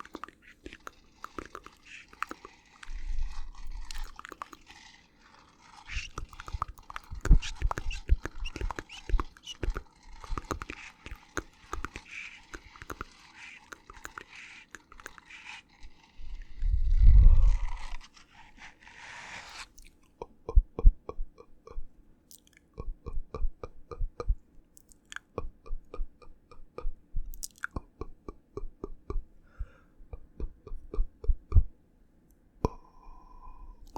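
Mouth sounds made up of wet clicks, smacks and chewing-like crunches, packed densely through the first twenty seconds with a low thump near seventeen seconds. After that the sounds thin out into sparser, separate clicks and pops against a quiet background.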